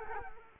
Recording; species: mosquito wingbeat signal from an infrared sensor; Culex quinquefasciatus